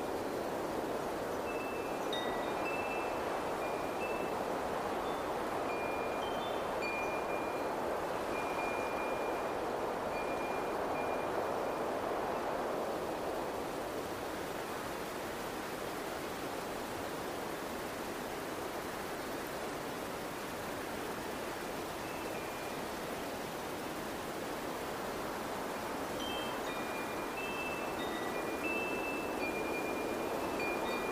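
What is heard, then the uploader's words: Wind chimes ring in short, bright clusters of tinkling notes over a steady rushing wind. The chimes are busy in the first dozen seconds, fall quiet through the middle, and return near the end, while the wind keeps up a dense, even hiss throughout. Wind Chimes + Windy Sounds.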